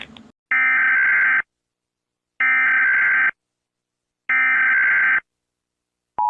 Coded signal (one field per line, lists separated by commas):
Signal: Emergency Alert System (SAME) tones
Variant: header bursts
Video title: EAS WARNING animation meme uwu